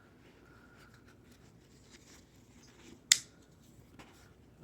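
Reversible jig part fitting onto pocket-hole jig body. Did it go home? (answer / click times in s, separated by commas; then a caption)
yes / 3.1 s. A reversible part of a Milescraft Pocket Jig 200XCJ pocket-hole jig is flipped around and pressed onto the jig body, with the clamp on. After a few faint handling ticks, the part snaps into place with a single sharp, loud click at 3.1 s, and it is seated.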